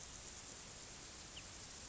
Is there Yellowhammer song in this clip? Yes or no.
no